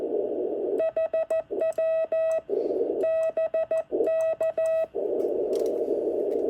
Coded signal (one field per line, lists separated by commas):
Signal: Morse code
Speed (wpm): 13 wpm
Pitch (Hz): 650 Hz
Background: none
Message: HW BK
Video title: Another Unexpected eBay buy, 2 NorCal Sierras and a nice QSO!